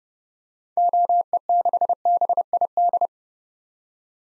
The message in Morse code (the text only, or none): OE6BID